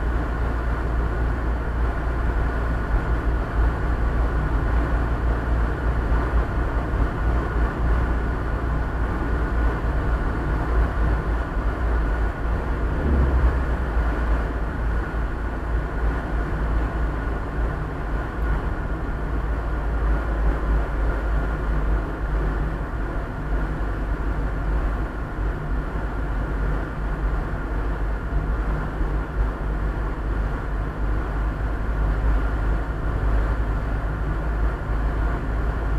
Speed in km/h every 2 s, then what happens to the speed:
56, 57, 57, 56, 57, 57, 55, 54, 54, 52, 51, 49, 48, 48, 49, 50, 51, 52.
0-10 steady at about 57. 10-23 slows to 48. 23-36 steady at about 49.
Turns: none.